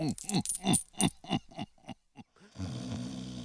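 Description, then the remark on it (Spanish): Gold coins clink one after another as they are counted out of a bag, about eight bright metallic chimes that start quick and loud, then slow and grow fainter, before a low, steady rumbling drone takes over. “Escondido detrás de una cortina, él pudo observar cómo el gigante contaba las monedas de oro que sacaba de una bolsa.”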